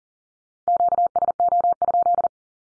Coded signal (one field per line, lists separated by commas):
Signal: Morse code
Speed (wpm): 40 wpm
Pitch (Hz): 700 Hz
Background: none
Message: QSO?